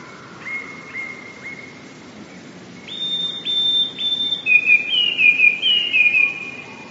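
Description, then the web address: Eurasian blue tit singing: a lower thin whistle repeated three times, then three high pure notes and a rapid trill at the end. "wroblowe teka spiew. wroblowe teka modraszkoteka"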